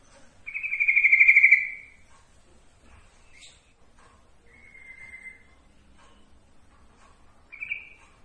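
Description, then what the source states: Yellow-vented bulbul song: one strong, rapid trill lasting over a second, then softer short whistled notes, with faint background rumble. Song-tutoring (masteran) track.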